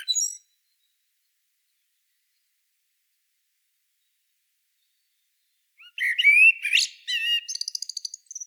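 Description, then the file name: Common blackbird song: a brief start, a long silence, then a rich fluted phrase trailing into a rapid, high, scratchy twitter. "Turdus merula"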